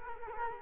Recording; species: mosquito wingbeat signal from an infrared sensor; Culex quinquefasciatus